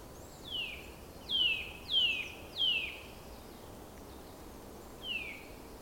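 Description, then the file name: Eurasian nuthatch giving a run of four downward-sliding whistled notes in quick succession, a pause of about two seconds, then one more similar note. "Sitta europaea"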